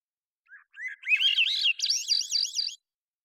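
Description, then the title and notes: Swainson's thrush song: a soft opening note, then a rolling, flutelike phrase that spirals steadily upward in quick loops before stopping. Single male singing at natural pace, cleanly processed parabolic recording, Pacific Northwest, Washington, United States. "BIRDSong Thrushes And Allies - Swainson's Thrush. long take of a single male Swainson's Thrush singing, natural pace and rhythm maintained, cleanly processed from parabolic recording Recorded in the beautiful Pacific Northwest, Washington, United States"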